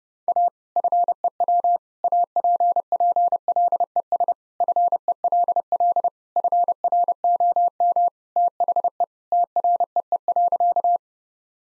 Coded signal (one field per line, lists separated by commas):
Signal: Morse code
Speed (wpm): 30 wpm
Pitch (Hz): 700 Hz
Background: none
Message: A FEW APPLES FELL FROM THE TREE.